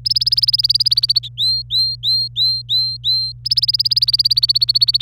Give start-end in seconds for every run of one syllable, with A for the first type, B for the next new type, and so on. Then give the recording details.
0.05-1.28 A, 1.37-3.32 B, 3.45-5.02 A. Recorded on 25 April 2018 at 17:07. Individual llb3